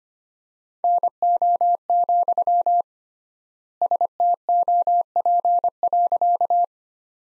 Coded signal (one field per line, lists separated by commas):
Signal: Morse code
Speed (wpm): 25 wpm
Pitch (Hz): 700 Hz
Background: none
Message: NO, STOP.